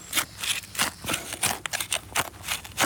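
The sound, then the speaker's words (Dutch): A quick series of crisp, dry snips from scissors cutting through the stem of a small hogweed plant, about a dozen short clicks in an uneven rhythm, with no one speaking. “En wat ik dan doe, is om zo min mogelijk risico te lopen, is eerst de plant afknippen. Dit is een kleine plant, dus dat kan met een schaar.”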